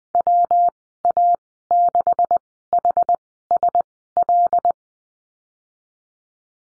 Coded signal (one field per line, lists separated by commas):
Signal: Morse code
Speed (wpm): 20 wpm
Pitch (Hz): 700 Hz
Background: none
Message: WA6HSL